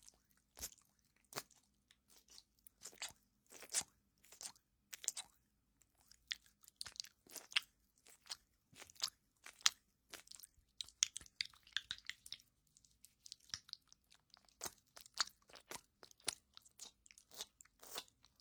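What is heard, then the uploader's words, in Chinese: Wet, sticky squelches of aloe gel being worked over skin during a massage, bright. Short slick pops and smacks arrive irregularly, roughly two each second, with a denser, smeared run of squishing around the middle. No voice; a faint low hum sits underneath. 湿湿、黏黏的~ 芦荟胶(无人声)全身按摩。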